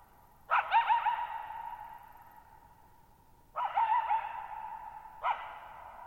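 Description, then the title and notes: Coyote giving quavering barks and yips, a wobbling note followed by a pause, then two more bursts, each with a long ringing echo. Lone coyote at night, July 14, 2019, near Thirtymile Meadows, Okanogan National Forest (Okanogan High Country), Pacific Northwest, 6400 ft; high, mostly dry plateau among tall mountains, shallow bowl-shaped meadow, boggy ground. "Lone Coyote at Thirtymile Meadows. I spent the night of July 14, 2019, camped near Thirtymile Meadows in the Okanogan National Forest at 6400 ft (1950 m)"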